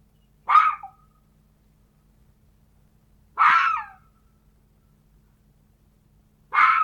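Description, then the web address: Red fox producing three hoarse, slightly falling barks, each about three seconds after the last. "glos lisa"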